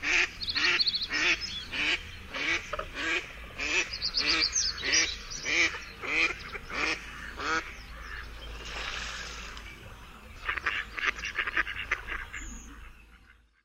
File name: KRZYŻÓWKA